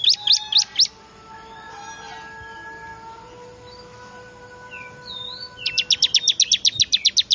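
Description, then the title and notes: Bar-winged prinia uttering quick chips, a brief run at the start, then a longer, evenly spaced series of about a dozen sharp high notes; faint whistles between. Lure call said to be most effective at attracting wild small birds (burcil ribut); Indonesian name ciblek. "Suara Pikat Burcil Ribut Ngabisin Burung Liar Ini. ciblek"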